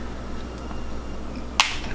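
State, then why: Seated. With the wire facing the right way, a wired connector module is pressed down into its socket on the chassis of a budget Raspberry Pi robot build. After a steady low hum, a single sharp click sounds at 1.6 s as it seats firmly in place.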